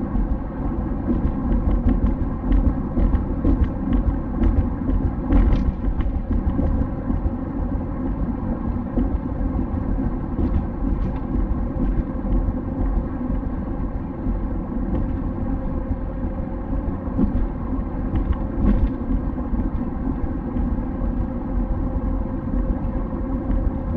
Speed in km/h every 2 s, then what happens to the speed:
69, 70, 68, 69, 68, 67, 67, 68, 69, 67, 67, 68.
0-24 steady at about 68.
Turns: none.